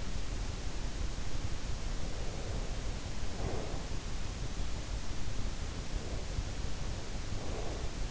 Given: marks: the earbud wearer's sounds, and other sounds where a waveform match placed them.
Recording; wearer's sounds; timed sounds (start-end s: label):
sounds in sleep by an in-ear microphone; breath
1.68-4.08 s: breath
5.63-8.11 s: breath